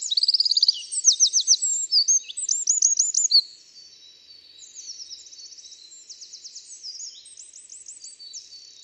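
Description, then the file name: Eurasian wren song, a vigorous run of shrill rattling trills for the first three and a half seconds, followed by softer, fainter trilled phrases to the end. "Troglodytes troglodytes"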